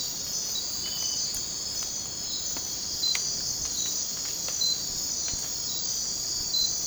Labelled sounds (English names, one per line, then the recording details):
none
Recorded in dense forest near Puerto Asís, Putumayo, Colombia, on 20 December 2024 at 02:00
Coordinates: 0.466, -76.327
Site G075